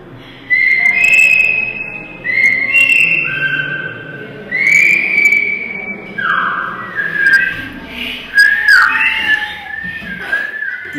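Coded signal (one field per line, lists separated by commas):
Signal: whistled language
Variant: Silbo Gomero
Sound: loud shrill whistles gliding up and down in short phrases, separated by brief pauses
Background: outdoor ambience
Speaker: Francisco Korea is a teacher of silbo and manages the education of the Language on this Tiny Remote and Scenic Island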